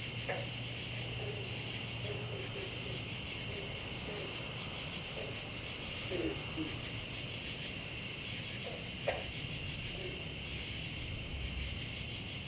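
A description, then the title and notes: Insects chirp in a fast, regular pulse high above everything, about three beats a second, while a steady bright whine holds underneath. Lower down, faint scattered calls and knocks, possibly frogs, come and go, with a brief sharper sound near six and nine seconds. Pond, frogs and cicadas. Is a field recording from a night I spent sleeping in an artwork (a small cubus made of plexiglass with a bed inside) on a pond. The surrounding sounds of the animals, small ones and big ones. Recorded by Sylvia Hinz.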